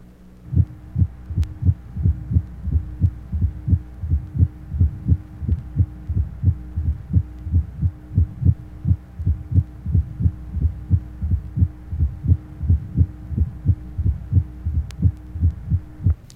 Age 52, left ventricular failure, presystolic triple rhythm or gallop, mitral area.